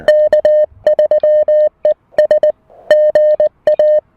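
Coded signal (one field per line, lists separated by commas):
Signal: Morse code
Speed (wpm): 22 wpm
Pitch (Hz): 590 Hz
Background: music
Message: K3 ES GA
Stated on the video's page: Parks on the Air activation using a Mountain Topper MTR-4B V2 QRP rig, operating on 40 meters among other bands; radio audio is loud.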